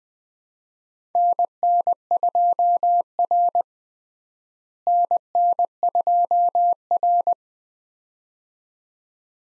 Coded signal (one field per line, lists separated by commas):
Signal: Morse code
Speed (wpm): 20 wpm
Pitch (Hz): 700 Hz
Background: none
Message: NN2R NN2R